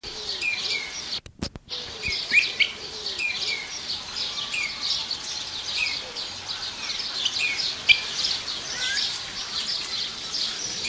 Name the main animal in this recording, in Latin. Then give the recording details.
Recurvirostra avosetta. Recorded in captivity. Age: adult. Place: Zoo Berlin, Berlin, DE. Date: 1987-07-02 11:00. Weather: sunny, 20°C. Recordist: Tembrock, Günter